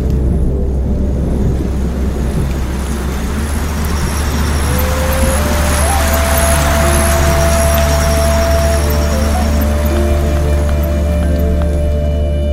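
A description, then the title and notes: A steady, rushing water stream runs throughout over a low hum, while soft sustained piano notes drift in after about five seconds. Dreamy piano music and soft water stream sounds.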